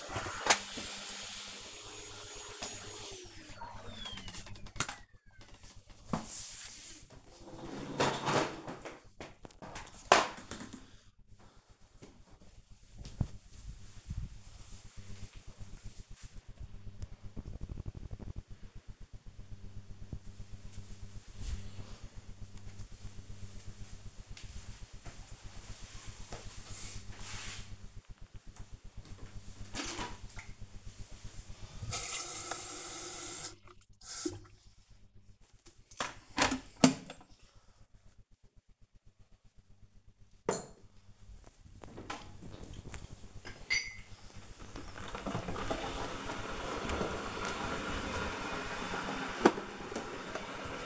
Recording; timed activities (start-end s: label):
household activities, microphone on the right wrist
0.00-3.07 s: vacuum cleaning
28.22-50.85 s: making tea